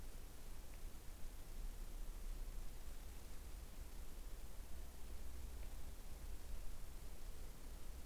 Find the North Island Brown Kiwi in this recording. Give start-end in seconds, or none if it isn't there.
none